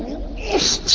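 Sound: sneeze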